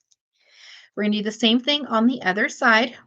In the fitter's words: Give it a close, and when you close jump rings, you should hear a little click and you'll know that both ends are secure.